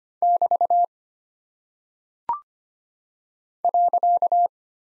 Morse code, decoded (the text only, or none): <BT> .